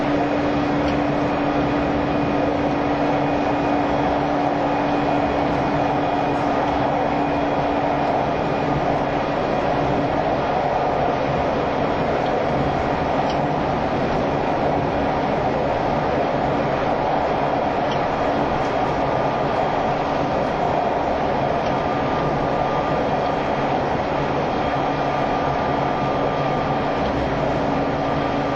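A JR East E351 series Super Azusa express train runs at speed with a steady, dense roar that stays level throughout. A low motor whine holds for the first dozen seconds, then fades, and a thinner, higher tone drifts in during the second half.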